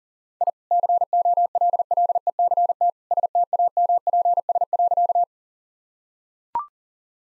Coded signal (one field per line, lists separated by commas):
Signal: Morse code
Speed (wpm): 37 wpm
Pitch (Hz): 700 Hz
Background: none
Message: I COLLECT STAMPS.